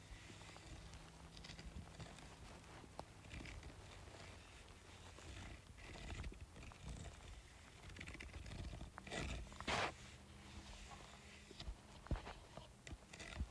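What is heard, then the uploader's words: Scratching on a bumpy surface in irregular rasping strokes, with a sharp, bright burst near ten seconds and low rumbling underneath. Scratching Bumpy Surface.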